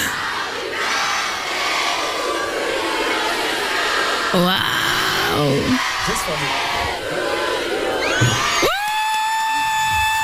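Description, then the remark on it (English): A large crowd of fans cheers and screams continuously outside, in front of the Yacht Energy at the NRJ Music Awards 2013, with shrill whoops and shouts rising over a dense roar, and a single excited exclamation from one voice. “Parce que tous tes fans sont dehors, devant le Yacht Energy.”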